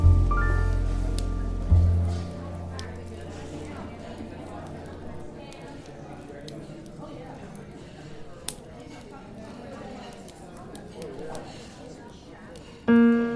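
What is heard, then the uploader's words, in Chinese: Café ambience with jazz: warm low chords open and return at the end, while soft chatter and occasional clinks fill the quieter middle. 咖啡馆氛围与轻松舒缓的爵士音乐。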